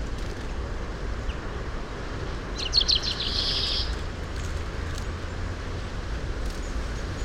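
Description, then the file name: European greenfinch giving a short stuttering trill that runs straight into a single buzzy wheeze, with low background rumble throughout. "Chloris chloris"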